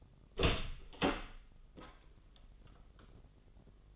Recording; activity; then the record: daily activity, microphone in the room; open door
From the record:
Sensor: 4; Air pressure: 996.9 hPa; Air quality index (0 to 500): 42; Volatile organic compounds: 1 ppm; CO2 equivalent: 658 ppm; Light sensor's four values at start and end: 19/46/19/19 and 18/42/17/18